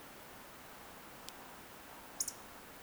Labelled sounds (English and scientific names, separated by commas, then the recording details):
Eurasian Woodcock (Scolopax rusticola) whistle, Eurasian Woodcock (Scolopax rusticola) croak
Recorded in Baden-Württemberg, Germany, on 10 June 2021 at 20:15 UTC
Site 43323, 910 m above sea level